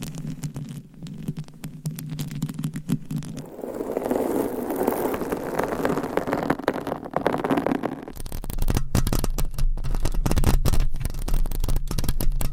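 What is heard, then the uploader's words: Close scratching across a microphone, rough and continuous, with a low rumbling hum under the first few seconds. Around four seconds the scraping turns softer and hissier, then after eight seconds it becomes louder, choppier strokes with a deep rumble. ASMR Mic Scratching - Brain Scratching with 20 DIFFERENT MICS & CLAWS! No Talking for Sleep.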